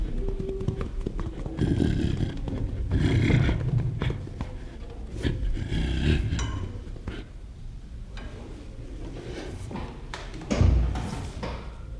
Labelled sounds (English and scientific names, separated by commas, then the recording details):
Western Gorilla (Gorilla gorilla)
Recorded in captivity
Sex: female
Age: adult
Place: Zoo Rostock, Mecklenburg-Vorpommern, DE
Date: 1975-12-05 10:20
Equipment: Uher CR 210, Sennheiser MD 421, Verstärker, Kopie Unitra ZK 246
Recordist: Tembrock, Günter